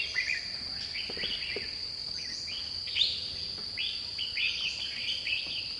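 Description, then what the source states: Bird song: a series of quick chirping notes rising and falling, coming in short bursts, over a steady high insect drone. Dipterocarp forest.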